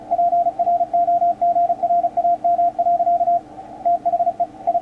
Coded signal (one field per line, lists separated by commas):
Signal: Morse code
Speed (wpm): 34 wpm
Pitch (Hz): 700 Hz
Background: radio noise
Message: PROGRAM. THE I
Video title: Yaesu FT-450D HIGH Speed CW Practice? WPM 35